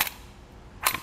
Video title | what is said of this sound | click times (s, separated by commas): How to Install the Fit Kit for Thule Evo Clamp and Edge Clamp Roof Rack Feet on a 2019 Toyota Tundra | you hear a click that lets you know that's locked in place right | 0.0 s